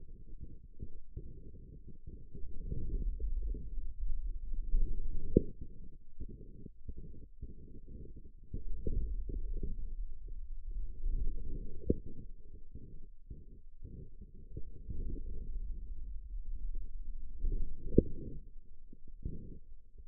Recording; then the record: forearm muscle sounds (acoustic myography)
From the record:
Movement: inward rotation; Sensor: system 2, bracelet of six BSWA MPA416 microphones around the upper forearm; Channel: 4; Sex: male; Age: 22 years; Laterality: right